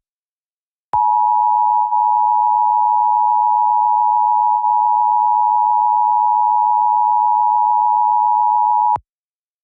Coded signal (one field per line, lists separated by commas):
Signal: Emergency Alert System (SAME) tones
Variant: 853 and 960 Hz attention tone